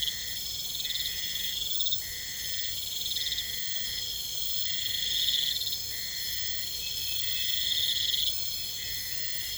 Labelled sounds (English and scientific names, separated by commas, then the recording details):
none
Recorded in pastures near Puerto Asís, Putumayo, Colombia, on 20 December 2024 at 23:30
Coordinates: 0.472, -76.329
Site G072